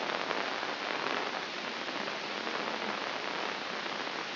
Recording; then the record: brain microelectrode recording played as sound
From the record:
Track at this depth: inside the subthalamic nucleus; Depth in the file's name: 2.433 mm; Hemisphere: left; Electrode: 2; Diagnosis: Parkinson's disease